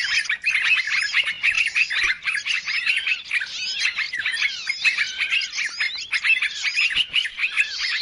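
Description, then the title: Many birds squawking and chirping at once, harsh squeaks mixed with rapid twittering, an unbroken busy chorus. Chorus of noisy birds used as a lure sound to attract birds; many birds said to approach as soon as it is played. "Baru Diputar Dah Banyak Merapat! Suara Pikat Burung Ribut"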